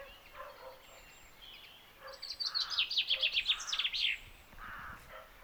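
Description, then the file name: Common chaffinch song: a fast run of high, bright notes lasting about two seconds, with a few lower notes before and after and steady background noise. "Fringilla coelebs"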